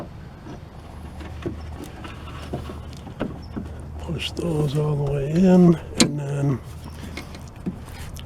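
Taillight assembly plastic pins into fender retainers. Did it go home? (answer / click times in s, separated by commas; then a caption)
yes / 7.2 s, 8.2 s. A taillight assembly goes back onto the fender: its tabs are set into the fender slots, then the housing is pushed so its plastic pins snap into their retainers. Someone talks over a low steady hum with light handling taps, and the pins pop in with sharp clicks at 7.2 s and 8.2 s. The housing is seated.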